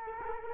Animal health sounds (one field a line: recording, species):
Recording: mosquito wingbeat signal from an infrared sensor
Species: Culex quinquefasciatus